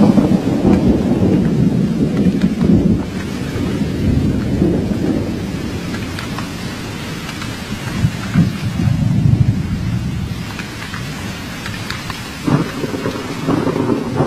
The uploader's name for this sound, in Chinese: 全景雷雨声